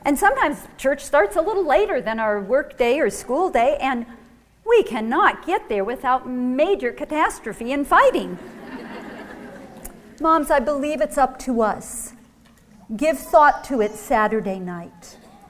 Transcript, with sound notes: and sometimes church starts a little later than our workday or school day, and we cannot get there without major catastrophe and fighting! [laughter] Moms, I believe it's up to us. Give thought to it Saturday night;